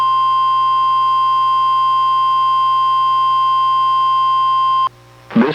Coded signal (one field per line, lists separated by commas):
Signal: Emergency Alert System (SAME) tones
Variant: 1050 Hz attention tone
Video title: EAS #927: NWR Required Weekly Test- Apr. 24, 2024- 11:32AM PDT